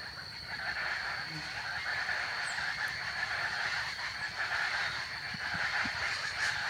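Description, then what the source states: Chaco chachalaca chorus: dense, overlapping harsh, raucous calls running throughout, over a steady high-pitched tone. Recorded in El Impenetrable, Argentina; the birds are called charatas.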